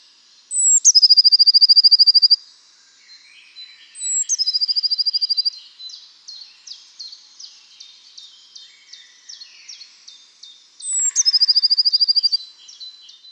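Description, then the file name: Eurasian blue tit phrase heard three times: a sharp high note followed by a quick, steady trill, with many softer high notes between. "Cyanistes caeruleus"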